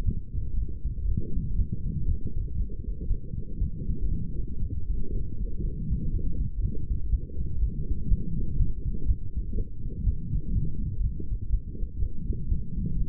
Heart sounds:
heart sounds by stethoscope; 121 bpm
0.05 s: heartbeat
0.56 s: heartbeat
1.07 s: heartbeat
1.57 s: heartbeat
2.08 s: heartbeat
2.58 s: heartbeat
3.09 s: heartbeat
3.60 s: heartbeat
4.11 s: heartbeat
4.61 s: heartbeat
5.12 s: heartbeat
5.63 s: heartbeat
6.12 s: heartbeat
6.62 s: heartbeat
7.12 s: heartbeat
7.61 s: heartbeat
8.10 s: heartbeat
8.58 s: heartbeat
9.07 s: heartbeat
9.56 s: heartbeat
10.05 s: heartbeat
10.54 s: heartbeat
11.03 s: heartbeat
11.52 s: heartbeat
12.01 s: heartbeat
12.50 s: heartbeat
12.99 s: heartbeat
From the record:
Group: healthy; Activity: light exercise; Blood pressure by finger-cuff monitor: 148/89 mmHg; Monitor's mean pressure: 107 mmHg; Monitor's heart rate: 120 bpm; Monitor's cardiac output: 9.6 L/min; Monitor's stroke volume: 80 mL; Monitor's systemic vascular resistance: 820 dyn s/cm5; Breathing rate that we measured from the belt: 27 breaths a minute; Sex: female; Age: 22 years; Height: 163 cm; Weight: 67.1 kg

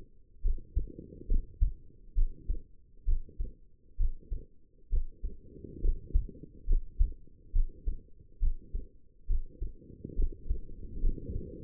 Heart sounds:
heart sounds by stethoscope; 68 bpm
0.42 s: heartbeat
1.28 s: heartbeat
2.15 s: heartbeat
3.05 s: heartbeat
3.97 s: heartbeat
4.89 s: heartbeat
5.81 s: heartbeat
6.66 s: heartbeat
7.52 s: heartbeat
8.39 s: heartbeat
9.27 s: heartbeat
10.15 s: heartbeat
11.01 s: heartbeat
From the record:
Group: healthy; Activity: rest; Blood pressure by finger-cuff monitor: 106/69 mmHg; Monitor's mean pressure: 81 mmHg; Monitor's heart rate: 69 bpm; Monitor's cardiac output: 5.4 L/min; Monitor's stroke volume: 77 mL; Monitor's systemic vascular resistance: 1090 dyn s/cm5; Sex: female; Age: 22 years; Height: 160 cm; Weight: 45 kg

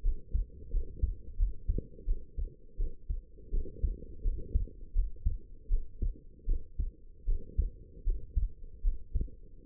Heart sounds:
heart sounds by stethoscope; 81 bpm
0.03 s: heartbeat
0.71 s: heartbeat
1.37 s: heartbeat
2.06 s: heartbeat
2.77 s: heartbeat
3.51 s: heartbeat
4.23 s: heartbeat
4.94 s: heartbeat
5.69 s: heartbeat
6.46 s: heartbeat
7.26 s: heartbeat
8.04 s: heartbeat
8.82 s: heartbeat
9.65 s: heartbeat
From the record:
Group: healthy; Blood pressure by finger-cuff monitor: 106/75 mmHg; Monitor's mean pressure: 85 mmHg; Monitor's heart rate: 87 bpm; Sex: female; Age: 19 years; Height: 163 cm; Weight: 51 kg

